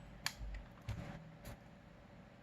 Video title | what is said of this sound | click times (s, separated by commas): Installing the I3 10100 into the Asus Prime B460m Plus motherboard, 10th gen | should hear it snap unfortunately these things are so cheap they don't always have | 0.3 s